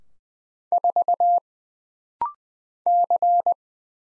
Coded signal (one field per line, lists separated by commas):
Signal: Morse code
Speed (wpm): 20 wpm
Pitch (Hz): 700 Hz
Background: none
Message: 4 C